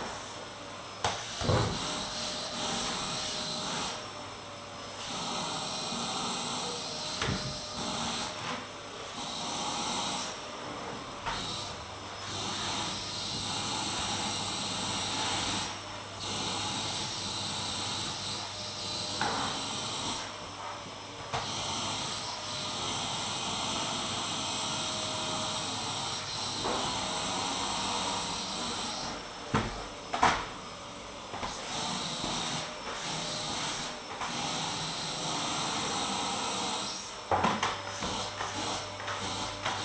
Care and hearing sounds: daily activity, microphone in the room; vacuum cleaning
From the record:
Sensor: 3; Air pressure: 995.2 hPa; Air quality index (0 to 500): 68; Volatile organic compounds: 4 ppm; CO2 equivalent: 1538 ppm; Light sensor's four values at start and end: 17/52/22/19 and 18/53/22/19

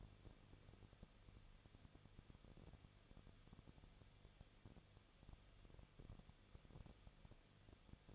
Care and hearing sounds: daily activity, microphone in the room; no activity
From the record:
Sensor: 4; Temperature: 23.1 degrees Celsius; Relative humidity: 34.4%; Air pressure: 1007.2 hPa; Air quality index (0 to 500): 214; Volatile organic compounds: 14 ppm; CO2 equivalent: 2473 ppm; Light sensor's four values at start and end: 2/3/1/1 and 2/3/1/1

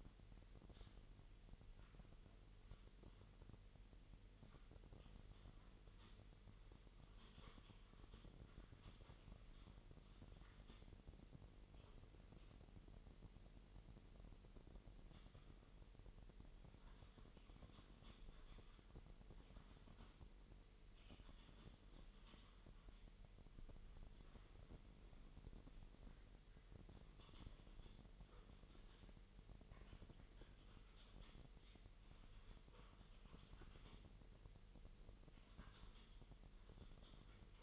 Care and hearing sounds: daily activity, microphone in the room; typing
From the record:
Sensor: 4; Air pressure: 1002.9 hPa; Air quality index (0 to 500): 248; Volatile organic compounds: 19 ppm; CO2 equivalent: 2652 ppm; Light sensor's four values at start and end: 5/12/4/5 and 5/12/4/5

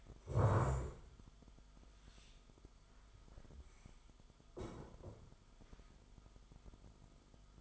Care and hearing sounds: daily activity, microphone in the room; stand up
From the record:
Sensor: 5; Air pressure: 1005.1 hPa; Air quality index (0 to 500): 106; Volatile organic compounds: 2 ppm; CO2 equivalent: 1298 ppm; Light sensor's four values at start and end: 34/79/32/30 and 34/79/32/30

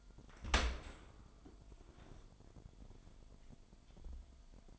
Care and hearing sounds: daily activity, microphone in the room; open dishwasher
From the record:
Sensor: 5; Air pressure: 998.3 hPa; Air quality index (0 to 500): 87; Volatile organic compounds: 2 ppm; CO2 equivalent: 994 ppm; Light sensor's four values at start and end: 19/45/19/21 and 19/46/19/21

